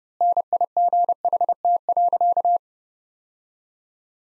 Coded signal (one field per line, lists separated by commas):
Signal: Morse code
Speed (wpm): 32 wpm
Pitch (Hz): 700 Hz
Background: none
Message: NIGHT.